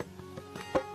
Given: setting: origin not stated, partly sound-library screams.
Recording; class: one-second piece from a danger detection set; normal situation